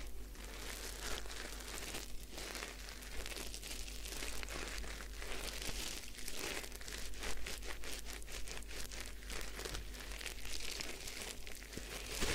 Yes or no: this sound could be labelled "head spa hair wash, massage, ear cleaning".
yes